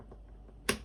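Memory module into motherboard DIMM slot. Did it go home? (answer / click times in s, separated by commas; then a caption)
yes / 0.7 s. A memory module is pressed into a motherboard DIMM slot until the retention latch clicks shut. Over a faint low background, a single sharp click rings out at 0.7 s, confirming the module is seated.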